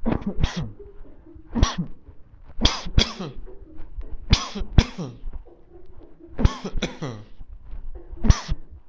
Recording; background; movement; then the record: voluntary coughing; a bystander coughing; walking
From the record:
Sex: male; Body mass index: 20.5 kg/m2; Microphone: on the chest, facing the body